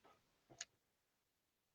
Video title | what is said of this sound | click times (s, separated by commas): Earn and Learn With Nick Wood and Amazon Live | and it is absolutely locked. | 0.6 s